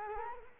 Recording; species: mosquito wingbeat signal from an infrared sensor; Culex quinquefasciatus